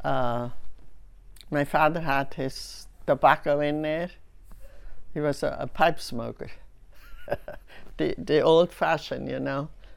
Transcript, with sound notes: my father had his tobacco in there. He was a pipe smoker. (she laughs) The, the old fashioned, you know.